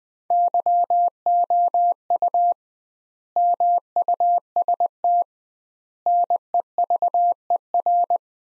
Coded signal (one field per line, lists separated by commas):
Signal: Morse code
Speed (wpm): 20 wpm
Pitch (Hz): 700 Hz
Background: none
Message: YOU MUST NEVER